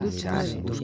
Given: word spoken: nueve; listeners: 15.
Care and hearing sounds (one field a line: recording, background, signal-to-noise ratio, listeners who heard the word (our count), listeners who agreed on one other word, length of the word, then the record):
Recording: one Spanish word in noise, from a listening test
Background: four-talker babble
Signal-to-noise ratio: -2.0 dB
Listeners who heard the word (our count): 0 of 15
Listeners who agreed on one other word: 11 of 15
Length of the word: 0.44 s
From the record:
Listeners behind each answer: 11, 3, 1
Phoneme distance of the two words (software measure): 54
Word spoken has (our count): 2 syllables, 5 phonemes, stress on syllable 1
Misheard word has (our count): 2 syllables, 5 phonemes, stress on syllable 1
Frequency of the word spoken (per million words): 79.00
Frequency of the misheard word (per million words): 1.95